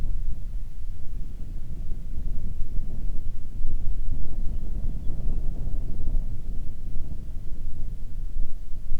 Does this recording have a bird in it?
yes